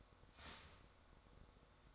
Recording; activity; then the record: daily activity, microphone in the room; start toaster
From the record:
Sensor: 3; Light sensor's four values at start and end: 4/11/4/4 and 4/11/4/4